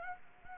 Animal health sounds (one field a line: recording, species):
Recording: mosquito wingbeat signal from an infrared sensor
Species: Anopheles gambiae